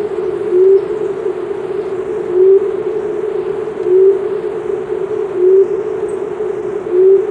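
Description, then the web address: Maroon-chested ground dove uttering short rising coos about every one and a half seconds, set against a steady low droning hum. Ecuador. "Birds of Ecuador. Maroon-Chested Ground Dove"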